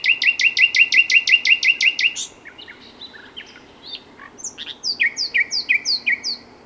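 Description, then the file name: Common nightingale song: a fast, evenly repeated series of about a dozen loud notes, then jumbled quieter notes, ending in a second run of sliding repeated notes. "Luscinia megarhynchos"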